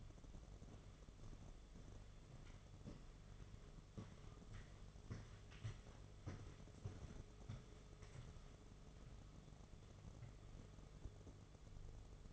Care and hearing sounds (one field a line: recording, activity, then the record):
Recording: daily activity, microphone in the room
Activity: walk to room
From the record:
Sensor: 4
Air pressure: 1011.2 hPa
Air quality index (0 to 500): 135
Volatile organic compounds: 3 ppm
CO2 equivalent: 1379 ppm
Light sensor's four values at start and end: 193/503/215/223 and 156/407/174/179